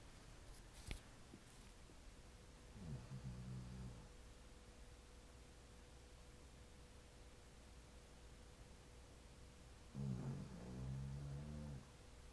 Charlotte snoring. Dog snoring. She actually gets louder than that.